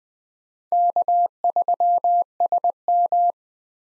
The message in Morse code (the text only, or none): K3SM